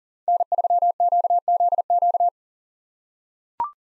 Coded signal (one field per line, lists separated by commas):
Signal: Morse code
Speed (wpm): 40 wpm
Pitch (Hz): 700 Hz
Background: none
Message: N3QZQ